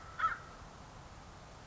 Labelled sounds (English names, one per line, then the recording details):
American Crow
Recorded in Sonoma County, California